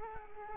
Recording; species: mosquito wingbeat signal from an infrared sensor; Culex quinquefasciatus